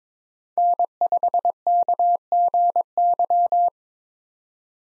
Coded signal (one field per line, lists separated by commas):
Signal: Morse code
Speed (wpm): 22 wpm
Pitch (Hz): 700 Hz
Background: none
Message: N5KGY